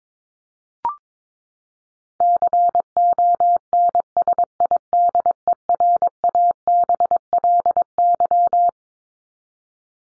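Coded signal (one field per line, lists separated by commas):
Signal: Morse code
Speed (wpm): 22 wpm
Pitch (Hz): 700 Hz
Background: none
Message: CONSIDERABLY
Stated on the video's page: Morse head-copy drill of top 100 words ending in LY and their root words at 22 wpm, each sent, spoken, then sent again.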